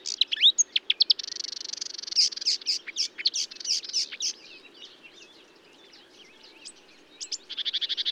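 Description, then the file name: Marsh warbler song: a fast, varied medley of high chirps, sharp notes and whistled phrases, ending with a rapid buzzy trill; low background hum throughout. Recorded at Bonnevaux on 31 May 2009 at 05:35. "Rousserolle verderolle 20090531 0535 25 Bonnevaux"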